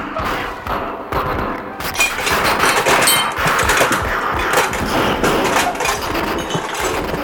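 Sustained submachine gun fire resumes after the guns are reloaded, rattling on for several seconds, rapid overlapping bursts of sharp cracks mixed with heavier thuds, loud and dense throughout with no speech.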